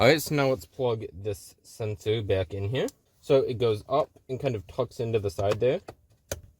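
Someone talks while pushing an interior sensor housing back up into its position in the center console trim panel of a BMW E8X during a wireless charger install, tucking it into the side. A brief sharp tick is heard near the end, but nothing has seated or clicked into place yet.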